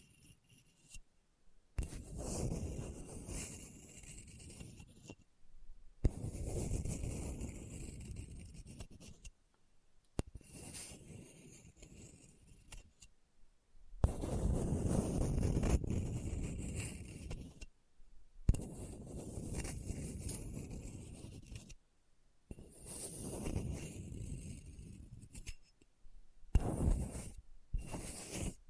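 Hard, bumpy scratching across a rough surface comes in repeated strokes, each lasting about two to four seconds, separated by brief silences. The scraping is coarse and gritty with a low rumble underneath and faint rattling, jangly overtones; the final strokes are shorter and quicker.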